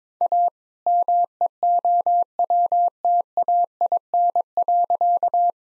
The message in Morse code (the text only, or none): A MEOWTAIN.